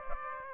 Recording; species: mosquito wingbeat signal from an infrared sensor; Aedes aegypti